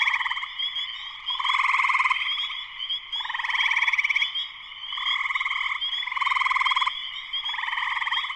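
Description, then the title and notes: Spring peeper chorus, a continuous high-pitched wall of peeps with rasping trilled bursts surging roughly every one to two seconds. Full chorus shortly after sunset, Sleeping Bear Dunes National Lakeshore, northern Michigan, USA. "Spring peepers (chorus frogs) in concert. Spring peepers (chorus frogs) in full chorus shortly after sunset in the Sleeping Bear Dunes National Lakeshore in northern Michigan, USA. Recorded by Darrin Wassom. Part of the Music for Sleep project"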